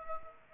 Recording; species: mosquito wingbeat signal from an infrared sensor; Aedes aegypti